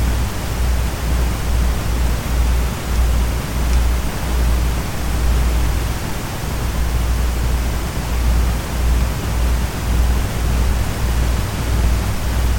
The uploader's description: pristine white noise, seamlessly blended with the gentle susurration of a desk fan